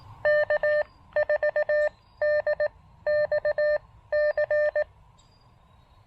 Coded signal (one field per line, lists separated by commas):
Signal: Morse code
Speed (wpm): 18 wpm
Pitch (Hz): 590 Hz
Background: none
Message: K4DXC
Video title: POTA Activation with the Elecraft KX2 and a Stolen Antenna! (Plus, bonus canine guests!)